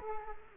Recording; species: mosquito wingbeat signal from an infrared sensor; Culex quinquefasciatus